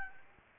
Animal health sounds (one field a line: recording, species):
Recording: mosquito wingbeat signal from an infrared sensor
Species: Aedes albopictus